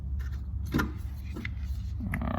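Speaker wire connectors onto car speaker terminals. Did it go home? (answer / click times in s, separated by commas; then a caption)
yes / 1.5 s, 2.1 s. Two speaker wire spade connectors are wiggled back and forth and pushed down onto the back terminals of a Rockford Fosgate car door speaker being installed in a 2007 Nissan Xterra. Over a steady low hum, each seats with a sharp snap at 1.4 s and 2.1 s, and both connectors are seated.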